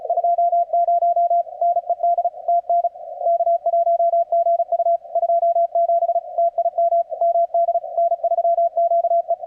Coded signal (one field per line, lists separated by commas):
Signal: Morse code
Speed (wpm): 38 wpm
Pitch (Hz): 690 Hz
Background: none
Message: 20 NED TN K1GU 27 TIM MD N3QE